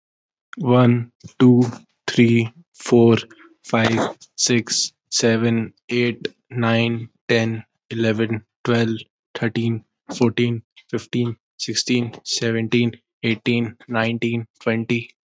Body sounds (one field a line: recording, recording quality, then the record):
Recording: counting at a normal pace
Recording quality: excellent, no background noise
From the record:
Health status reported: healthy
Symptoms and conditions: none ticked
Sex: male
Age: 19 years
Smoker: not ticked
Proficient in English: yes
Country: India